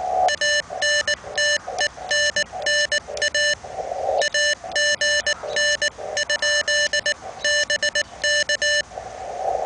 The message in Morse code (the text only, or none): ANTENNA AGN? BK